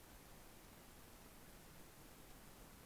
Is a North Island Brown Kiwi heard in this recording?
no